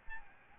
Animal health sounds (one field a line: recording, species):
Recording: mosquito wingbeat signal from an infrared sensor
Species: Aedes albopictus